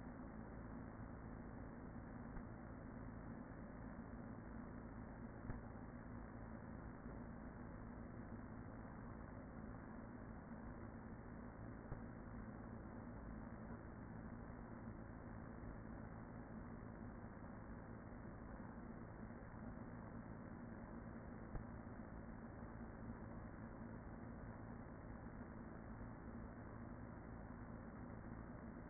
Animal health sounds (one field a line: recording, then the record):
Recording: honeybee colony, microphone inside the hive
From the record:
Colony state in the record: queen present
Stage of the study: after two queens were removed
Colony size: about 40,000 bees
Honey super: no